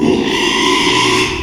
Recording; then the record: squeal of a Yucatan mini pig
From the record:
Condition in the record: after surgery on the right vocal fold (resection and tissue-engineered implant); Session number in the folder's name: 1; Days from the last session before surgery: 6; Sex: male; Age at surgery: 12 weeks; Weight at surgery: 13 kg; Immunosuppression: cyclosporine, prednisolone